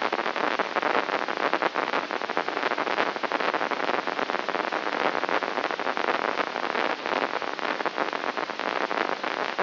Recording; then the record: brain microelectrode recording played as sound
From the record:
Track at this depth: inside the subthalamic nucleus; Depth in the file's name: 4.829 mm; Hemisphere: left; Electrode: 3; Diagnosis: Parkinson's disease